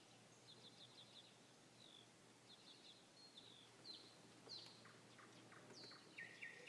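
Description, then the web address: Nightingale: bird song made of fast repeated high notes and trills in quick bursts, ending with a harsh rattling phrase; faint steady hum underneath. Song recorded 21 May 2016. "slowik-spiew-slowika-21-maja-2016-r"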